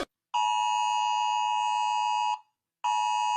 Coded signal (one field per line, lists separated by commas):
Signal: Emergency Alert System (SAME) tones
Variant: 853 and 960 Hz attention tone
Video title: Rating eas alarms pt. 1